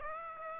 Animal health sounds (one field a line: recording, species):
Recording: mosquito wingbeat signal from an infrared sensor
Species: Aedes aegypti